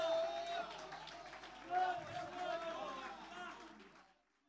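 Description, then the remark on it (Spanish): An audience at a church celebration service applauds in praise of the Lord after a sermon, with dense, steady clapping mixed with raised voices and cheering, holding at a fairly even level before fading out quickly near the end. “El aplauso es de alabanza para el Señor ahí mientras los hermanos contentos aún sigue la bendición luego de haber escuchado el mensaje de la palabra del Señor,”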